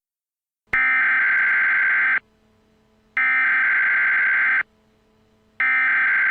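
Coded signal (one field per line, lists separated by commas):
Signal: Emergency Alert System (SAME) tones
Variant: header bursts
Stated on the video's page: Fictional EAS scenario.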